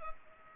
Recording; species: mosquito wingbeat signal from an infrared sensor; Culex pipiens